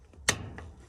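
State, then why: Seated. A GE washer lid switch is pushed up and then slid to the right into its mounting bracket on the washer top. It snaps sharply into place with a loud click at 0.3 s, and the switch is seated. A fainter tick follows at 0.6 s.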